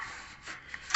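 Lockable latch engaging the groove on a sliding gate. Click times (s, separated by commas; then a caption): 0.9 s. The lockable latch on a custom black sliding gate is pulled up into its groove, making a soft rubbing, sliding sound with a small tick at 0.7 seconds. A sharp click follows at 0.9 seconds as the latch clicks into the groove and seats, so the gate can then be locked with the key.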